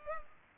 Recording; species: mosquito wingbeat signal from an infrared sensor; Culex pipiens